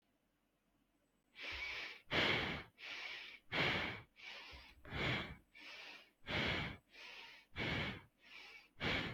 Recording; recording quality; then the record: shallow breathing; excellent, no background noise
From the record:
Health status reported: healthy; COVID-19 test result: negative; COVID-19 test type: RT-PCR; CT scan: not taken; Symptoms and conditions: none ticked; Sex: female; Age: 29 years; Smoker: no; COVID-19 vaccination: one dose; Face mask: not worn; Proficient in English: yes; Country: India